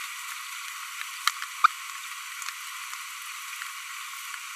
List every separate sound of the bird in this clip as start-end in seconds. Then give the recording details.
1.64-1.66. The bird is a female. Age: 25 days. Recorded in a nest box in Venezuela. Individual 17B42B1